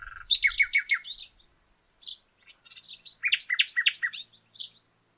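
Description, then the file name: Common nightingale song with fast repeated chirping notes in two bursts, a short isolated note between them. "Luscinia megarhynchos"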